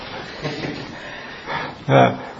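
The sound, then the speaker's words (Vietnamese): A voice mimics a teacher snoring with raspy, breathy rumbles, two soft drawn-out snorts followed by a louder, harsher one near the end. “Trước khi vô phòng thầy nó phải đản chỉ 4-3 cái thôi, mà ông thầy cũng đang ngáy khò khò sao nghe.”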